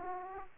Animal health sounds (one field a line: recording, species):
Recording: mosquito wingbeat signal from an infrared sensor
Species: Aedes aegypti